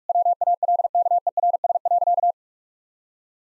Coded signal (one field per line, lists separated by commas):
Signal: Morse code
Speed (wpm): 44 wpm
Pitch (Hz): 700 Hz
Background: none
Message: WALKERS.